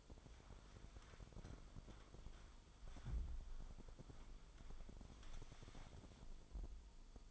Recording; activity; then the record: daily activity, microphone in the room; wipe stove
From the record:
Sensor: 5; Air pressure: 1003.4 hPa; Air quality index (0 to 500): 147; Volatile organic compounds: 2 ppm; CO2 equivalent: 1070 ppm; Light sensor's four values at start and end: 39/84/38/45 and 39/85/39/46